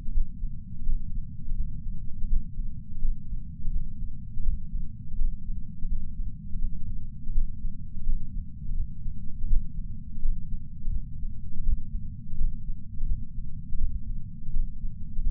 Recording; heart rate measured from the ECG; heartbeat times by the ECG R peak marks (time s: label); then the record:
heart sounds by patch sensor on the chest; 83 bpm
0.12 s: heartbeat
0.84 s: heartbeat
1.55 s: heartbeat
2.28 s: heartbeat
3.00 s: heartbeat
3.71 s: heartbeat
4.43 s: heartbeat
5.16 s: heartbeat
5.87 s: heartbeat
6.59 s: heartbeat
7.33 s: heartbeat
8.04 s: heartbeat
8.75 s: heartbeat
9.48 s: heartbeat
10.20 s: heartbeat
10.91 s: heartbeat
11.63 s: heartbeat
12.36 s: heartbeat
13.06 s: heartbeat
13.78 s: heartbeat
14.51 s: heartbeat
15.22 s: heartbeat
From the record:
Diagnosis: coronary artery disease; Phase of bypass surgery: postoperative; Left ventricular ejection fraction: 60.9%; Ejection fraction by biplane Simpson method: 59.5%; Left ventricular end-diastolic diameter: 49 mm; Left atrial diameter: 39 mm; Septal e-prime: 6.3 cm/s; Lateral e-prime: 6.7 cm/s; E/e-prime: 11.5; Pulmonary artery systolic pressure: 33 mmHg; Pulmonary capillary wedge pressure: 2 mmHg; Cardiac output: 6.3 L/min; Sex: male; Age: 71 years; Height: 162 cm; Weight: 75 kg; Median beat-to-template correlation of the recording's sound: 0.79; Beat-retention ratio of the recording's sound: 1.00